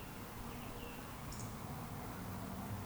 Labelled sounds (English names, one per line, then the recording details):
Eurasian Woodcock whistle
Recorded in Baden-Württemberg, Germany, on 13 June 2020 at 19:46 UTC
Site 14569, 102 m above sea level